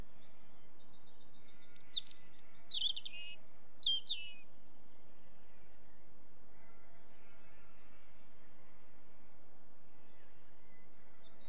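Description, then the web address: European robin producing a few high, piercing twittering phrases with short pauses between them, followed by a long stretch of faint background noise. "BBC Sound Effects Library. Robin"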